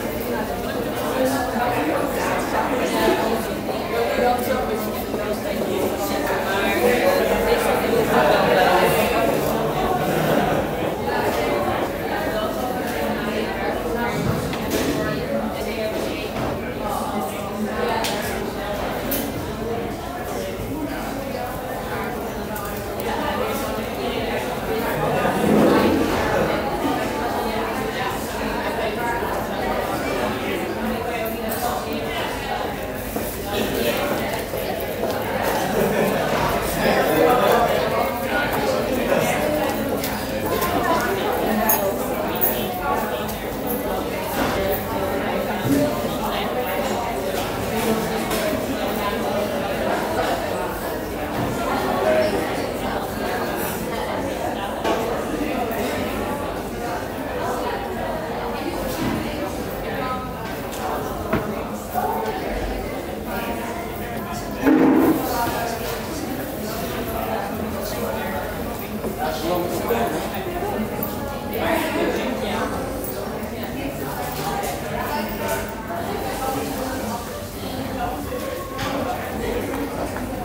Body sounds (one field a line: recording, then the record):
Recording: background sound without coughing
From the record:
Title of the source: 40 min - Ambience sounds UNIVERSITY lunchroom chatting